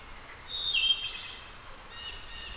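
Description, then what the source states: Wood thrush fluty song note: a short, clear, wavering whistle, then fainter high trilling over constant hiss. A returning wood thrush singing.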